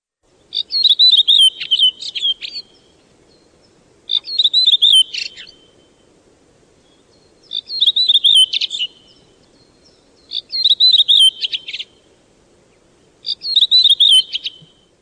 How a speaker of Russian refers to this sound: Всякий из вас, кому посчастливилось побывать ранней весной в лесу, наверное, слышал веселые звонкие песни дроздов.